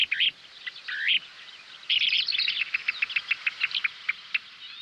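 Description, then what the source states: Kentish Plover calls: a few looping chirps, then a rapid series of short, clipped notes. Recording taken from the internet and played back on air.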